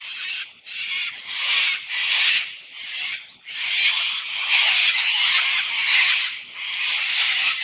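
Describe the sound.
Cockatoo calls: grating, rasping screeches in uneven bursts.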